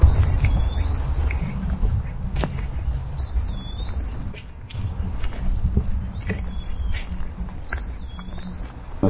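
Eastern wood pewee whistles: four slurred notes at uneven intervals, over a heavy low rumble with occasional clicks.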